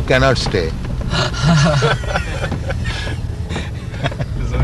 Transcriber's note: laughter